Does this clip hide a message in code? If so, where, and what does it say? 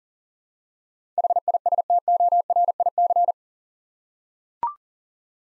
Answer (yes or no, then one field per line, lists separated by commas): yes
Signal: Morse code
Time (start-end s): 1.2-3.3 s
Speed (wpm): 40 wpm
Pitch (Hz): 700 Hz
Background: none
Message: HISTORIC